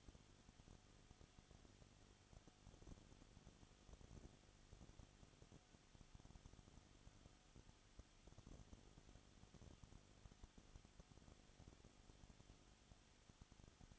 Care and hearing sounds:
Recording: daily activity, microphone in the room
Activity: no activity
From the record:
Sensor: 4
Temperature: 22.7 degrees Celsius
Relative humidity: 31.7%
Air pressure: 995.4 hPa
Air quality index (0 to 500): 158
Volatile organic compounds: 2 ppm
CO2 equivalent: 1254 ppm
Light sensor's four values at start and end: 2/3/1/1 and 2/3/1/1

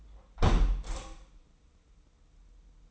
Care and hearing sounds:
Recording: daily activity, microphone in the room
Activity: close window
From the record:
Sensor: 1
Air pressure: 990.4 hPa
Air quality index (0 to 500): 164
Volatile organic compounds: 1000 ppm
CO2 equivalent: 5986 ppm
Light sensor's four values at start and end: 21/46/20/22 and 20/46/20/21

